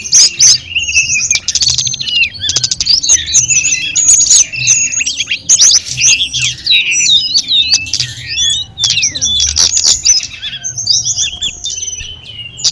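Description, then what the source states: Sunda robin song: several birds pouring out intertwined whistles, sweeping slurs and rapid chips in a steady stream. Five birds singing together.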